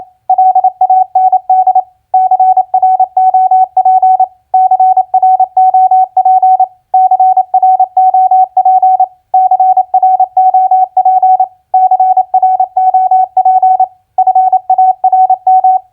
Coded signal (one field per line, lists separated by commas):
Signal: Morse code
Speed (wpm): 28 wpm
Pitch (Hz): 750 Hz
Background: none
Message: LAND CROP CROP CROP CROP CROP FARM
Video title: Morse Code Practice Word Recognition FARM-LAND-CROP 28wpm